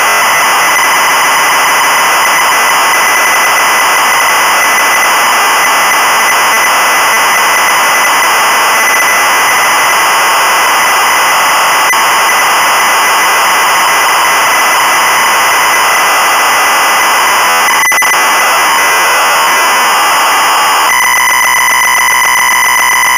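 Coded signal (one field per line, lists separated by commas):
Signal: ZX Spectrum tape loading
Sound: continuous harsh buzzing data screech with tonal harmonics, shifting texture at the end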